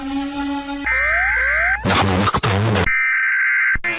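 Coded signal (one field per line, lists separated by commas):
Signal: Emergency Alert System (SAME) tones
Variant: header bursts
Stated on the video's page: Compilation of one-second clips of many different EAS alarms.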